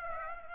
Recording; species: mosquito wingbeat signal from an infrared sensor; Aedes aegypti